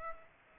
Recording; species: mosquito wingbeat signal from an infrared sensor; Aedes aegypti